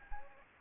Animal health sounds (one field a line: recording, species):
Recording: mosquito wingbeat signal from an infrared sensor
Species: Anopheles gambiae